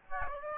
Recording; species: mosquito wingbeat signal from an infrared sensor; Aedes aegypti